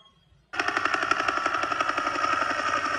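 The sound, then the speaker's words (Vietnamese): A helicopter's rotor blades roar in abruptly after a brief quiet moment, a loud, steady, rapid thudding chop layered over a broad mechanical whine. No one speaks. “Tiếng cánh quạt gầm rú, chúng sẽ không tránh đường, vậy là sắp đụng độ rồi.”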